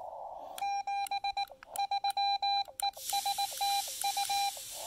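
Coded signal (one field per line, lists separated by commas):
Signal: Morse code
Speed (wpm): 19 wpm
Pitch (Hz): 800 Hz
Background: none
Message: 73 ES TU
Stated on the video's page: Park activation using a simple speaker wire antenna built on site.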